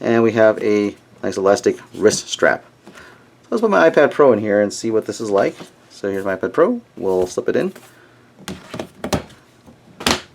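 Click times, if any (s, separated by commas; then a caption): 10.1 s. Someone talks, then an iPad Pro is slipped into the plastic shell of a Cuvr leather folio case, with handling taps around 8.5 to 9.1 seconds. It is pressed until it locks in with a small click at 10.1 seconds, and it sits securely in the case.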